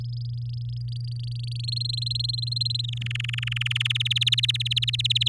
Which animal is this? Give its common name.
Domestic Canary